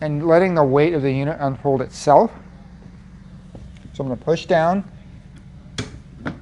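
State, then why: Released. Someone talks while pushing down the release bar at the back of a Golden Ally Pro remote-controlled folding power wheelchair to free its folding frame latch. A sharp click is heard at 5.8 s as the frame latch releases, letting the chair unfold.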